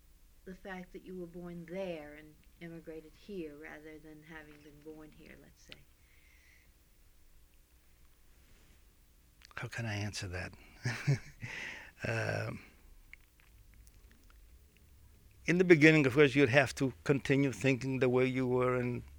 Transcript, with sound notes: the fact that you were born there and immigrated here, rather than having been born here, let's say?
How can I answer that? ( he laughs ) Um, in the beginning you'd have to continue thinking the way you were, and